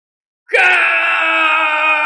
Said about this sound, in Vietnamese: liền phát ra một tiếng gào thét phẫn nộ tột cùng. Tiếng gào thét này từ trong miệng gã truyền ra